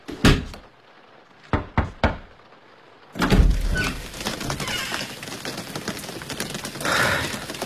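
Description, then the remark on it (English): A door thumps shut, followed by three quick clicks and knocks as a latch or bolt is fastened while the windows and doors are checked and securely fastened, in a radio drama of The Hound of the Baskervilles; then a dense, steady rushing noise takes over. “Yes, just checking all the windows and doors are securely fastened.”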